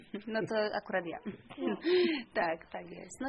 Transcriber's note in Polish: śmiech